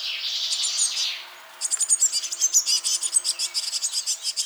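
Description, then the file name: Eurasian blue tit calls: a hissing, buzzy scold fading out, a brief pause, then a fast regular series of high sharp chips. "Cyanistes caeruleus"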